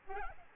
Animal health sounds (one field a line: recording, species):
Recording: mosquito wingbeat signal from an infrared sensor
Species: Aedes albopictus